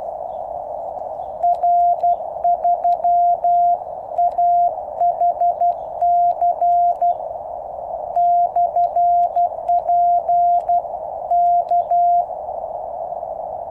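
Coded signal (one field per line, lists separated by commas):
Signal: Morse code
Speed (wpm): 12 wpm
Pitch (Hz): 700 Hz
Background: radio noise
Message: R3AHC/P K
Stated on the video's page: QRP CW from a QCX-mini on 3x18650 batteries, 10 m end-fed antenna with 1:64 balun on a 7 m fishing-pole mast, Moscow.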